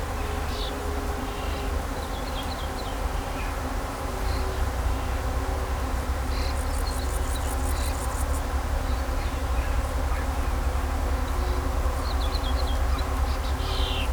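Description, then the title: Bees buzzing as a continuous droning hum, joined by short high bird calls and a fast ticking trill midway, over low traffic rumble. Bees buzzing among grapevines in vineyards at Kallstadt, Germany, in rural countryside, with birds singing and road traffic noise in the background. "In Kallstadt summen die Bienen"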